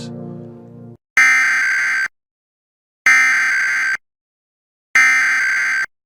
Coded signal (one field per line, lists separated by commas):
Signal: Emergency Alert System (SAME) tones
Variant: header bursts